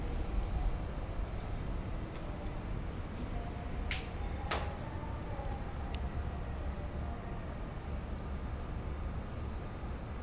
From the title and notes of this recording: Yokohama China town in Japan 横浜中華街 【3D AUDIO】. Let's take a walk together around Yokohama China town in Japan!